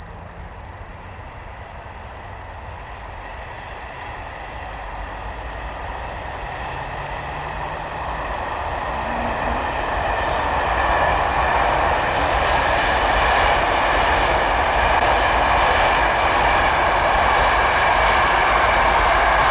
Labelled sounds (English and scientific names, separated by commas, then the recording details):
Common Grasshopper Warbler (Locustella naevia) song
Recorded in the wild
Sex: male
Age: adult
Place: Malchower Aue, Berlin, DE
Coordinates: 52.5667, 13.4833
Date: 1990-05-16 21:33
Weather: 14,5 °C
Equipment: Uher 4400 Report Monitor, Sennheiser MKH 416 T
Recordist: Frommolt, Karl-Heinz